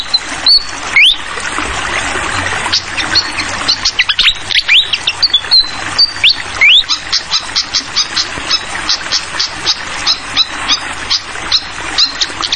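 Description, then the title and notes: Fantail with sweet whistles and upslurred notes early on, followed by rapid, evenly spaced chipping notes; gurgling water hisses throughout. Clear-voiced song paired with the sound of trickling water, prepared as a tutoring recording (masteran) for songbirds. "Masteran Sikatan Kipas Suara Jernih Dan Suara Gemericik Air. Suara Burung Sikatan Londo"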